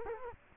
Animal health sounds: mosquito wingbeat signal from an infrared sensor; Culex quinquefasciatus

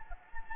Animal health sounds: mosquito wingbeat signal from an infrared sensor; Anopheles gambiae

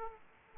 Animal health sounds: mosquito wingbeat signal from an infrared sensor; Aedes aegypti

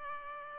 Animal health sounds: mosquito wingbeat signal from an infrared sensor; Culex pipiens

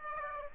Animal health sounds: mosquito wingbeat signal from an infrared sensor; Aedes aegypti

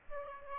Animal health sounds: mosquito wingbeat signal from an infrared sensor; Aedes aegypti

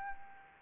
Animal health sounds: mosquito wingbeat signal from an infrared sensor; Anopheles arabiensis

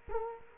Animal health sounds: mosquito wingbeat signal from an infrared sensor; Culex quinquefasciatus

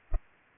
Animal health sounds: mosquito wingbeat signal from an infrared sensor; Culex pipiens

